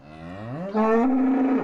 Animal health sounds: contact call of a hoofed animal; cattle; low-frequency (closed-mouth) or high-frequency (open-mouth) call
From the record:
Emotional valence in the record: negative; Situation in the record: full separation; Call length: 1.65 s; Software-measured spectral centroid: 900 Hz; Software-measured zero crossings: 990 a second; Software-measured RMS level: -23 dBFS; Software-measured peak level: -9 dBFS

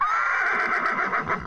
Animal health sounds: contact call of a hoofed animal; horse; whinny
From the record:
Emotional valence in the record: positive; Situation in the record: reunion with the whole group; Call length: 1.46 s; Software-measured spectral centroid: 1680 Hz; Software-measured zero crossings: 2690 a second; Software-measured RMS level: -24 dBFS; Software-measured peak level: -11 dBFS

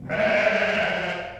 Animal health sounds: contact call of a hoofed animal; sheep; low-frequency (closed-mouth) or high-frequency (open-mouth) call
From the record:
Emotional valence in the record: negative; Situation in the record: short social isolation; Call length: 1.40 s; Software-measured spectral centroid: 1800 Hz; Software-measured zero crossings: 2450 a second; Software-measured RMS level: -23 dBFS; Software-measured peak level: -9 dBFS

